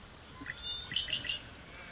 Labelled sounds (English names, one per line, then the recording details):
Red-winged Blackbird
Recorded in Sonoma County, California